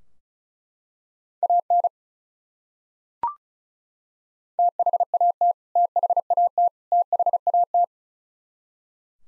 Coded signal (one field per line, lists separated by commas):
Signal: Morse code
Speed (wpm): 36 wpm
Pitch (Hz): 700 Hz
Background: none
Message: AN THAT THAT THAT